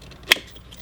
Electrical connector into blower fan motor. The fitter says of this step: And I just gonna snap it in. There you hear the snap.